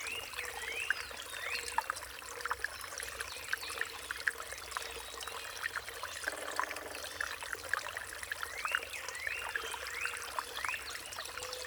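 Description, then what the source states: Songbirds singing, with short rising-falling phrases repeated a few times, over a steady trickle of running water and scattered chirps. Riparian zone.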